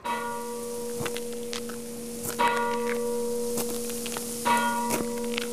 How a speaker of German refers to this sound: Hört, ihr Leut, und lasst euch sagen, die Glock hat 10 geschlagen.